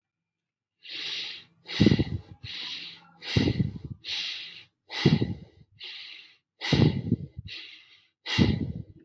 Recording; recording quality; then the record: shallow breathing; excellent, no background noise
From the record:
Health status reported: healthy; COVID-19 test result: not tested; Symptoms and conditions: hypertension, diabetes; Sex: male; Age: 63 years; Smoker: not ticked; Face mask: not worn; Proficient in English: yes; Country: India